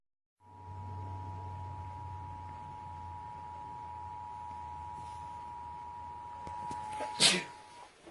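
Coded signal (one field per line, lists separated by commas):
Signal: Emergency Alert System (SAME) tones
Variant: 853 and 960 Hz attention tone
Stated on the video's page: Statewide EAS test, third statewide test that year.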